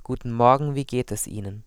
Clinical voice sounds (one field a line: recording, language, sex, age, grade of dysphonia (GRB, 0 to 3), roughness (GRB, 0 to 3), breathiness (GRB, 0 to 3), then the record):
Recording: spoken sentence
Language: German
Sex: male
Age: 20 to 29 years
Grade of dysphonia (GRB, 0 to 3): 0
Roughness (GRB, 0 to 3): 0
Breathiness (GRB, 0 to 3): 0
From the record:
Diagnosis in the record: healthy voice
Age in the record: 24 years